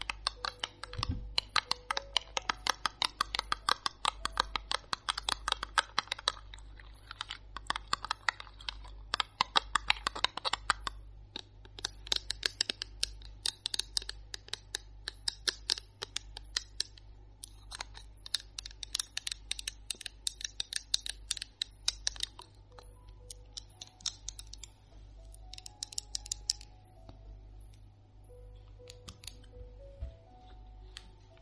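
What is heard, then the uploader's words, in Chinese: Long fingernails tap rapidly and continuously on hard objects, crisp bright clicks in dense bursts over a steady low hum. 减压长指甲敲击物品音。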